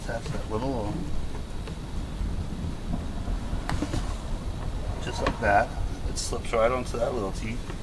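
On a 2008 Scion xB, the glove box is being handled and guided back onto its retaining tabs in the dashboard after a cabin air filter swap while someone talks. A few brief handling noises are heard, but the glove box has not snapped into place or seated yet.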